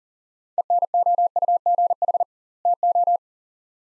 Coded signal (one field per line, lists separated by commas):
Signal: Morse code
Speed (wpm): 40 wpm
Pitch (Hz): 700 Hz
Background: none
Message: ENOUGH TO